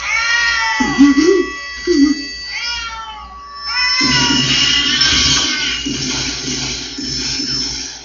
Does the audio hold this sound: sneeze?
no